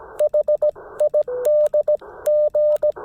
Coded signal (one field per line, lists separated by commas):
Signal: Morse code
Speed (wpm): 17 wpm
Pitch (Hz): 590 Hz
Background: radio noise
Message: H ID G